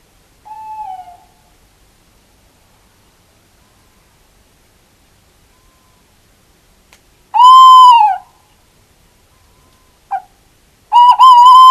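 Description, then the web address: Tawny owl calling: a soft short note, a long quiet pause, then a loud arched call, a brief clipped note and another loud call starting at the end. "earth naturelibrary assets t ta tawny owl"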